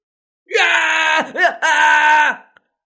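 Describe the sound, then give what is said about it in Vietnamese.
A man screams in agony after his hand is bitten off by Hắc Hoàng, two long loud harmonic cries broken by a brief strained gasp between them, the pitch wavering and straining before cutting off abruptly. “Đầu đớn đến mức làm cho gã không thể chịu được, kêu to thảm thiết, mồ hôi lạnh trên người tuôn ra như suối.”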